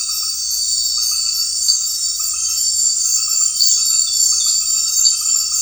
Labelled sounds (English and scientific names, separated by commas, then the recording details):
none
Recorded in secondary vegetation near Puerto Asís, Putumayo, Colombia, on 8 March 2025 at 19:30
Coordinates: 0.499, -76.323
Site G094